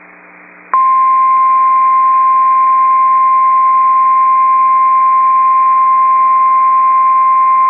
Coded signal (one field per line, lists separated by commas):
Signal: Emergency Alert System (SAME) tones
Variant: 1050 Hz attention tone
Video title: Severe Thunderstorm Warning (Emmons and Sioux Counties, ND) (8/28/24) [EAS #26]